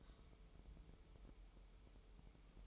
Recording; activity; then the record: daily activity, microphone in the room; take from stove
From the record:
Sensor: 1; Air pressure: 988.3 hPa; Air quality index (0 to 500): 202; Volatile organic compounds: 1000 ppm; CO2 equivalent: 5408 ppm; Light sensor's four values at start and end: 26/97/37/39 and 26/97/37/39